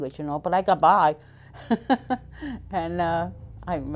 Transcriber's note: she laughs